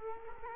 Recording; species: mosquito wingbeat signal from an infrared sensor; Culex quinquefasciatus